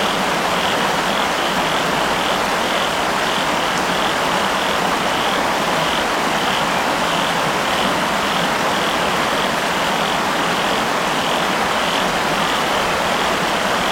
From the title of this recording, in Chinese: 河岸蛙鸣草原